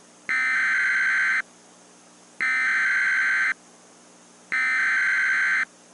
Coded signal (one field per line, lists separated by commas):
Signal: Emergency Alert System (SAME) tones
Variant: header bursts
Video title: EAS Scenario: Chicago Dies Redux